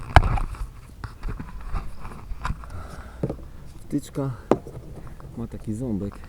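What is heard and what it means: The wiring plug is pushed onto the fuel flap lock actuator of a Mercedes W246, and a sharp click at 0.2 s shows it has seated; the plug has a small tooth and is OK once it clicks. A few softer taps and handling noises follow while someone talks.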